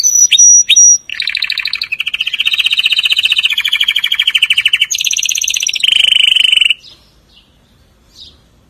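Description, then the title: Atlantic canary song: sharp high notes, then long fast trills of repeated syllables stepping between pitches for several seconds before stopping. "Kenari"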